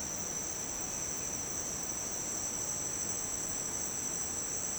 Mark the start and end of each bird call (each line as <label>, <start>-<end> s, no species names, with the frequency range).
bird call (1.4-3.7 kHz), 0.00-1.46 s